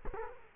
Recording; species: mosquito wingbeat signal from an infrared sensor; Culex quinquefasciatus